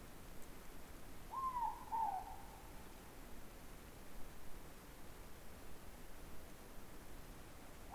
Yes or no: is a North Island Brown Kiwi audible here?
no